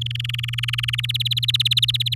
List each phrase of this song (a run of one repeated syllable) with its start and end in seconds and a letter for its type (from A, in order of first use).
0.01-1.01 A, 1.03-2.14 B